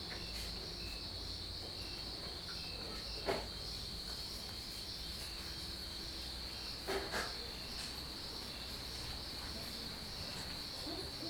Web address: MOTHERLAND ETHIOPIA NIGHTTIME, COUNTRYSIDE, VILLAGE LIFE, CICADES, FEMALES WORK IN KITCHEN INSIDE, RECORDED FROM PORCH, BACKGROUND TALKING